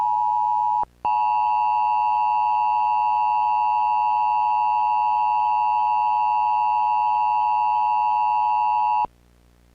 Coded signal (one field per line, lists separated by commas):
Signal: Emergency Alert System (SAME) tones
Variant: 853 and 960 Hz attention tone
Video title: EAS Recreation: Proof that our cable company is GHETTO